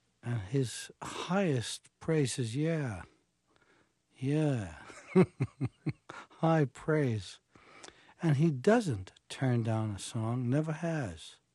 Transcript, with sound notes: And his highest praise is: Yeah. Yeah.
(LAUGHTER)
High praise. And he doesn't turn down to song - never has.